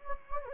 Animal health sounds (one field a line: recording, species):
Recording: mosquito wingbeat signal from an infrared sensor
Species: Anopheles gambiae